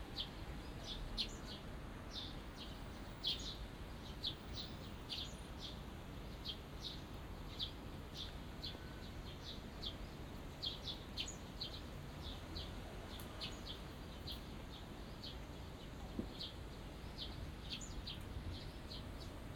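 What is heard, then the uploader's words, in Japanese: Small birds chirp in a garden after rain, short high tweets repeating every second or so throughout. A steady low rushing noise fills the background beneath the calls, which stay fairly even in loudness with occasional brighter chirps. 小鳥のさえずり、雨上がりの庭園にて（Binaural）- Birds singing in the garden。湯島天神の片隅にある小さな庭園で録音しました。湯島天神の周りはビルなど建ち並んでいますが、ここは神聖な雰囲気があります。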